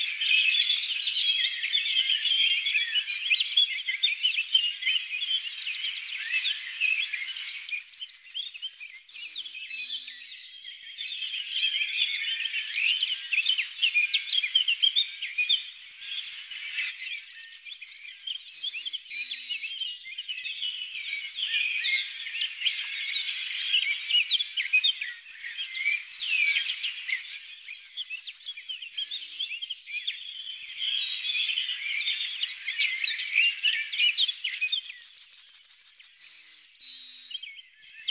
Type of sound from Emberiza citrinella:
song